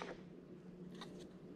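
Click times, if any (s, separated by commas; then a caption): none. A DDR4 SO-DIMM memory stick, the second one, is handled at the laptop's memory slot. Faint rustling and soft scraping are heard over a steady low hum, with a couple of brief brighter scuffs near 1.0 and 1.2 seconds. Nothing has seated or clicked into the slot yet.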